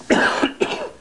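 An adult coughs twice in quick succession.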